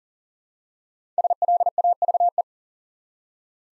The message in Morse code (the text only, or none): SLAVE